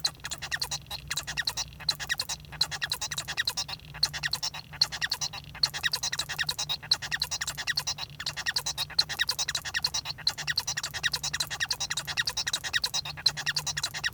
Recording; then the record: song of a male Bengalese finch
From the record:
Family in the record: son of father 1